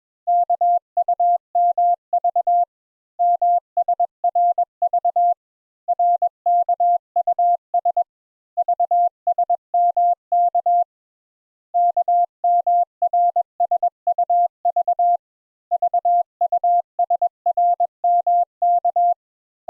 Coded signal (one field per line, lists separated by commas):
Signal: Morse code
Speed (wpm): 21 wpm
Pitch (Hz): 700 Hz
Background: none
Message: KUMV MSRV RKUS VSMK KMRSUV VUSRMK